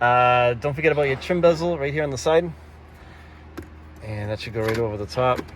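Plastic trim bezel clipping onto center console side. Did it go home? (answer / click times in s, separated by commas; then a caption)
no / none. Someone talks while handling the plastic side trim bezel of a 2006-2010 Ford Explorer center console, positioning it to press over the top of the console, with a brief faint tap around 3.6 s during a pause in the talking. Nothing has seated or clicked yet; the clip ends just before the bezel snaps into place.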